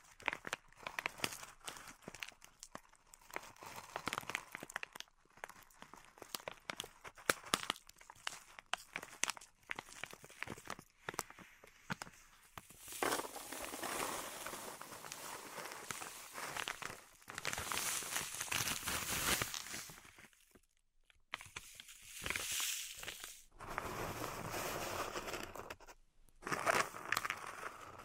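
Pink salt in a zen garden is stirred and raked. The first twelve seconds are dense, irregular crackling and gritty ticks, then long bright, hissing scrapes sweep through, broken by brief silences near twenty and twenty-six seconds before the raking resumes.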